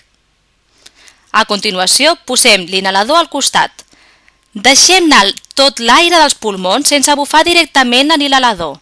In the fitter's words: cap a la dreta fins que faci tope i després cap a l'esquerra fins que faci clic.